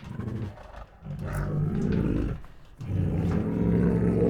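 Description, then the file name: Tiger growling, low throaty rumbles in three strong surges with brief quiet gaps between them. Two tigers making deep defiant growls. "Two Tigers Make Deep Defiant Growls [Sound Ideas]"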